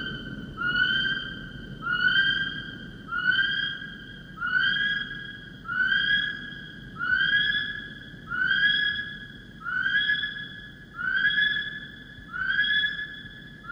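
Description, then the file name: Kiwi call of repeated rising, shrill whistles, ten or so notes evenly spaced about every 1.3 seconds, with steady low rumbling noise beneath. Male. "Kiwimale"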